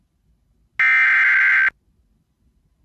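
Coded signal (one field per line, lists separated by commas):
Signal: Emergency Alert System (SAME) tones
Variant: header bursts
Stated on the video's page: EAS alerts captured from WDFA, including weekly and monthly tests, flash flood watch, law enforcement warning and special marine warning.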